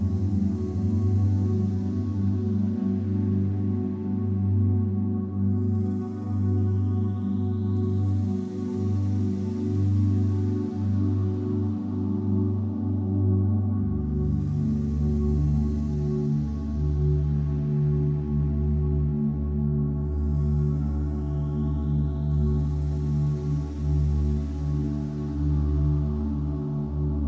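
Sustained meditation tones hum steadily and loudly, a low drone with stacked ringing pitches like a singing bowl that shifts once around fourteen seconds. Soft airy swells rise and fade in the upper range every several seconds, without pause.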